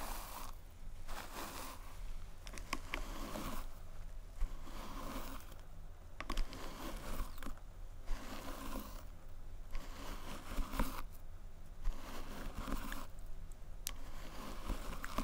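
Hair brushing with head massage: repeated scratchy strokes of bristles, each lasting about a second, come in a fairly regular rhythm across the whole span. A low steady hum sits underneath, with occasional small clicks and taps between strokes.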